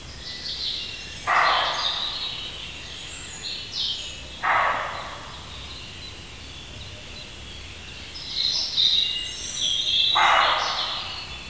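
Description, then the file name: Roe deer giving hoarse, harsh single barks spaced several seconds apart, with birds chirping and twittering throughout. Male roe deer barking. "Косуля-лай-самца"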